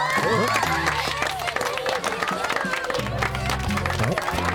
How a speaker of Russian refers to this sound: Почему они нам аплодируют? Кто их знает?